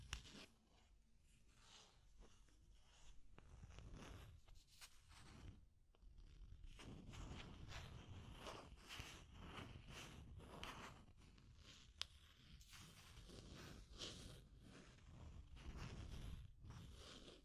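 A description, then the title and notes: Deep scratching goes on throughout, a dense run of rough, gritty strokes with a strong low rumble under brighter raspy edges. The strokes come irregularly, a few per second, with a brief lull near six seconds and a sharp click around twelve seconds. Deep Scratching. (No Talking).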